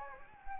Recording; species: mosquito wingbeat signal from an infrared sensor; Anopheles gambiae